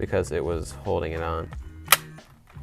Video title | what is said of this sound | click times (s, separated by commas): How to TINT YOUR WINDOWS on a trx4m (And More) | Boom it clicked in really nice so there's these red tabs right here | 1.9 s